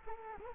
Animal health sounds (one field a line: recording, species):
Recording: mosquito wingbeat signal from an infrared sensor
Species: Culex quinquefasciatus